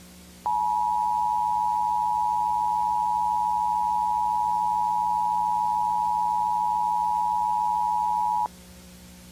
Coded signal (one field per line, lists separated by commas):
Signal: Emergency Alert System (SAME) tones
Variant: 853 and 960 Hz attention tone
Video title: Warden's Wrath (An EAS/Analog Horror Scenario)